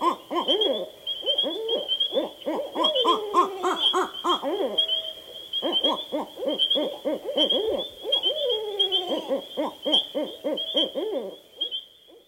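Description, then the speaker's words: Barred owls hooting back and forth, two birds overlapping in rapid, excited series of rising and falling hoots and wavering caterwauls, with a steady high insect-like whine behind them. Two barred owls calling in a conversation. "here's a conversation between two barred owls."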